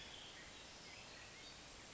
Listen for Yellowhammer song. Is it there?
no